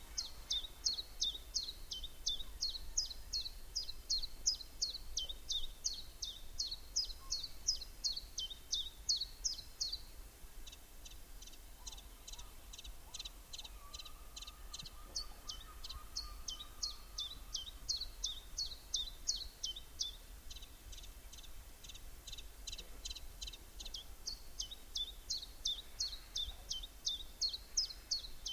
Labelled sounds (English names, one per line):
Common Chiffchaff